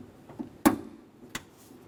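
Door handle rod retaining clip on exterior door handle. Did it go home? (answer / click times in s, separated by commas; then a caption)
yes / 0.7 s. On a 2004-2006 Scion xB driver exterior door handle, the door handle rod is put in position, slid into the exterior handle and locked down with a yellow plastic connector clip, then tugged to check that it is secure. A faint tap comes at 0.4 s, the clip snaps shut with a loud, sharp click at 0.7 s, and a second, quieter sharp tick follows at 1.4 s. The rod's retaining clip is seated.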